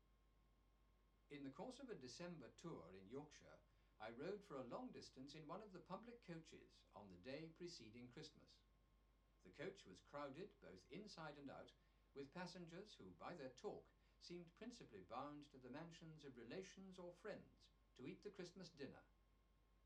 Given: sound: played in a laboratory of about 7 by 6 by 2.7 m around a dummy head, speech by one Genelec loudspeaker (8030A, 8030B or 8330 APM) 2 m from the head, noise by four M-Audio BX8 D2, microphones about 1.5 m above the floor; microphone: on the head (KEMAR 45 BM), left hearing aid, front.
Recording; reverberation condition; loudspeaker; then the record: male speech in English; low; 150 degrees to the left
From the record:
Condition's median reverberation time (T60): about 310 ms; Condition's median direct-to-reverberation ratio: about 3.5 dB